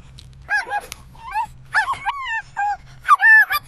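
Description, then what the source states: Dog giving a run of high, wavering yelps and squeals in short bursts, some rising and falling, separated by brief pauses over a low steady hum. Dog described as laughing and screaming.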